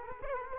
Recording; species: mosquito wingbeat signal from an infrared sensor; Culex quinquefasciatus